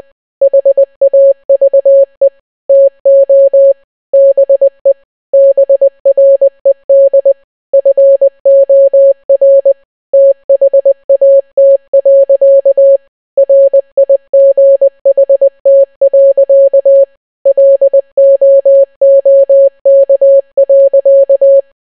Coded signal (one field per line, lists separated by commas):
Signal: Morse code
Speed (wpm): 20 wpm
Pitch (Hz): 550 Hz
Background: none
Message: HAVE TO BE BRED FOR THAT. RIGHT. LOOK.